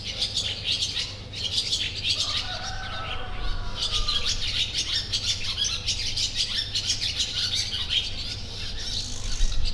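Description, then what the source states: Sand martin chatter, many buzzy chirps running together without a break; a brief smooth whistled note slides across early on, over low background rumble. In nature, 2016.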